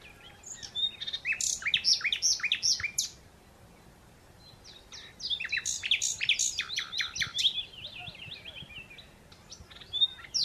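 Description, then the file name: Common Nightingale delivering long, busy phrases of rapid trills and rising and falling whistled notes, with a quiet gap in the middle before another run. "Luscinia megarhynchos"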